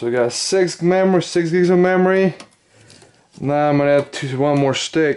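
Someone talks while adding one more 2 GB memory stick to a Dell Precision 490 desktop, which currently has 6 GB, handling it toward a motherboard DIMM slot. A short quiet gap holds a faint brief sound near 2.9 s before the talking resumes. Nothing has seated or clicked yet; the two retention latches have not closed on the stick.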